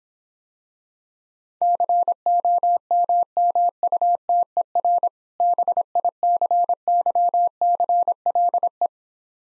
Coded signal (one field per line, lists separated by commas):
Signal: Morse code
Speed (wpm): 26 wpm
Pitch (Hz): 700 Hz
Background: none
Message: COMMUTER BICYCLE